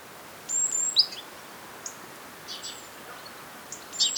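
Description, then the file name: Great tit giving a thin high whistled call, then several brief high notes, over faint background hiss. "Parus major"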